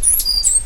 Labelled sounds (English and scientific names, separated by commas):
Stitchbird (Notiomystis cincta) song